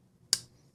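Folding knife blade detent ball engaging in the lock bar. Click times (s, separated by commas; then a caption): 0.3 s. A folding knife blade is flicked so the detent ball snaps into its hole in the lock bar, giving one sharp, bright click at 0.3 s. The blade seats with a clean detent click over a faint low hum, and no other sounds follow.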